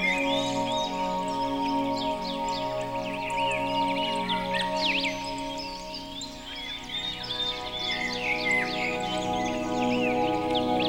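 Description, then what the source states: Birds singing, many quick chirps and sweeping whistles overlapping, over a steady sustained musical drone throughout. Birdsong mixed with music.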